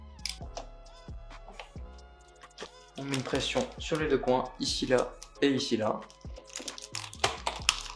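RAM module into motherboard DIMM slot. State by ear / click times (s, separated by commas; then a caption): seated / 7.7 s. A RAM module is pressed down on both corners into a motherboard DIMM slot while someone talks over background music. A sharp click at 7.7 s marks the stick seating properly in the slot, with smaller snaps and taps around it.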